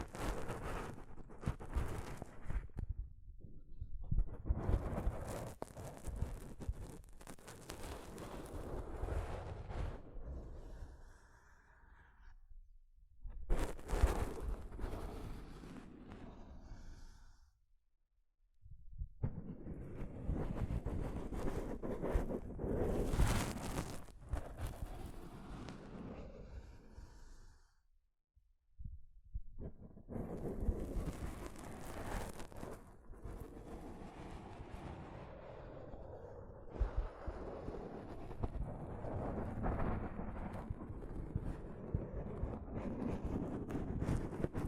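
Soft fabric brushes against a microphone in long, rough, rumbling passes, thick in the low end with bursts of brighter scratching. The rubbing continues almost throughout, broken by short silences near 12, 18 and 28 seconds, with sharper swipes around 14, 22 and 31 seconds.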